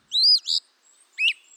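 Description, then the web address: Eastern Wood-Pewee song, clear slurred whistles: a two-part phrase followed after a pause by a single upslurred note. "BIRD NOTE. Eastern Wood Pewee"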